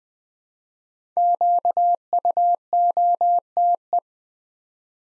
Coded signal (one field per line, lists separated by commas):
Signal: Morse code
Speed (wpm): 20 wpm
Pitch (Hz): 700 Hz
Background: none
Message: QUOTE